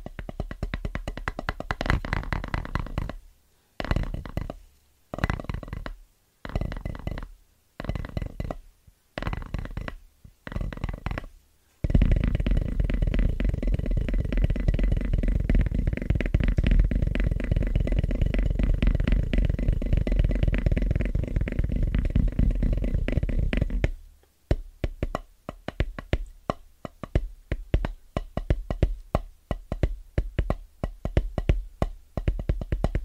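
Tapping on drum pads in three parts: short spaced bursts, then twelve seconds of dense steady low drumming, then quick rapid taps.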